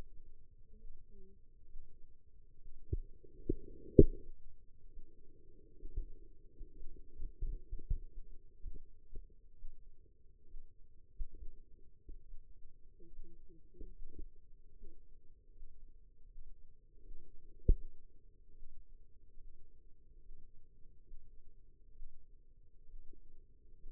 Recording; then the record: forearm muscle sounds (acoustic myography)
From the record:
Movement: rest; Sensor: system 2, bracelet of six BSWA MPA416 microphones around the upper forearm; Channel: 1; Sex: female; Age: 25 years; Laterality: right